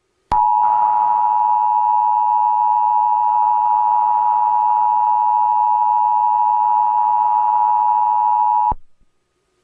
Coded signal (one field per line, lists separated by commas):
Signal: Emergency Alert System (SAME) tones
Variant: 853 and 960 Hz attention tone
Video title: EAS Mock: Tsunami in Hawaii and California